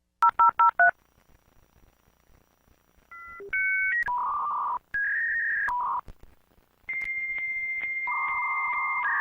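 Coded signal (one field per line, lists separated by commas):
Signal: dial-up modem handshake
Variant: 56k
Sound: four quick dialing beeps, then pure tones, a high answer tone and buzzing handshake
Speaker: quand vous cliquez sur vous connecter à Internet bah ça va appeler le numéro d'où les fameuses sont de ces modernes que vous reconnaîtriez tout de suite je pense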